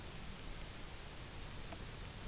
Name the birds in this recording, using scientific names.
none